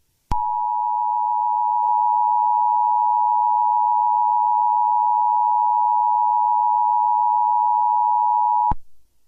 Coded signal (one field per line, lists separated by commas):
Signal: Emergency Alert System (SAME) tones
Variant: 853 and 960 Hz attention tone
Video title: How to make EAS Scenario's in iMovie (MAC Only)